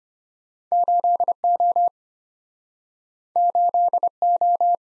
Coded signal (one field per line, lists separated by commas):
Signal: Morse code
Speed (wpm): 34 wpm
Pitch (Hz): 700 Hz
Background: none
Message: 8O 8O